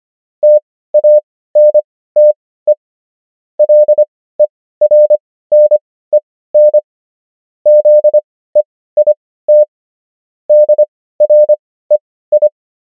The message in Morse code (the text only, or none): TANTE LERNEN ZEIT DREI